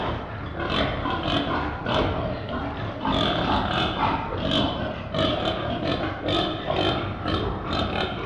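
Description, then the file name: Pigs grunting and squealing in a group, short overlapping snorts and squeals every second or so, with a steady mixed rumble under them throughout. Several pigs in a pen. "Animal Pigs in a Pen"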